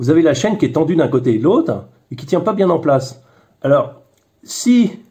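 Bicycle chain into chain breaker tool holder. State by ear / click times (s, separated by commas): not seated / none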